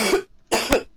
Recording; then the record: coughing mixed with background sound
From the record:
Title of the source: 61 morning phlegmy cough...again